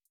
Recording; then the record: hydrophone in a shrimp aquaculture tank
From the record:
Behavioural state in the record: starved